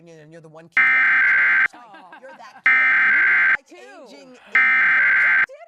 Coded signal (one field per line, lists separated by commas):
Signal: Emergency Alert System (SAME) tones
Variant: header bursts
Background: speech